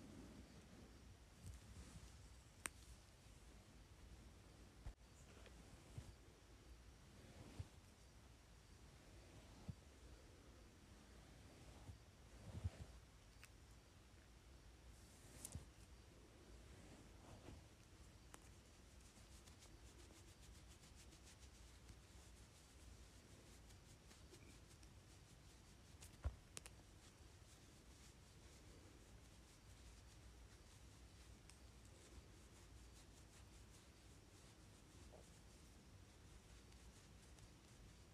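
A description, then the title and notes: A makeup brush moves in a soft, continuous rustle over a low, steady hush. Brief brighter clicks and flicks stand out now and then, clustered early and again near 12, 15 and 26 seconds, while the strokes stay quiet and even throughout. Makeup Brush.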